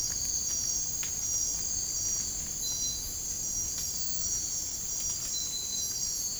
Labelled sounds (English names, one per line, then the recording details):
none
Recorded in dense forest near Puerto Asís, Putumayo, Colombia, on 27 June 2025 at 02:30
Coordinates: 0.503, -76.323
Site G059